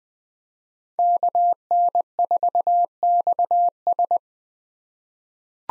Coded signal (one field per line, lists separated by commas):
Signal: Morse code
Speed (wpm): 20 wpm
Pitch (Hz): 700 Hz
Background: none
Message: KN4XS